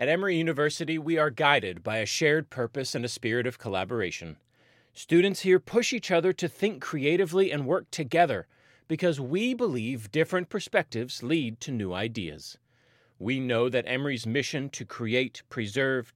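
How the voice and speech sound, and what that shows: An adult speaks fluently in a smooth, evenly paced narration, with clear consonants, steady voicing and brief natural pauses between phrases. The speech is ordinary and typical, with no repeats, blocks, slurring or rough voice quality.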